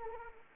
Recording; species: mosquito wingbeat signal from an infrared sensor; Anopheles arabiensis